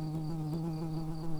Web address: bumblebees Pratorum-workers